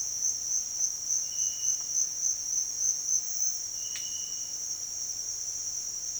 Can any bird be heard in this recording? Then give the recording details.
no. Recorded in dense forest near Puerto Asís, Putumayo, Colombia, on 9 March 2025 at 07:30. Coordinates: 0.481, -76.323. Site G088